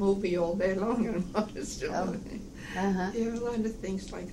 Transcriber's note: laughs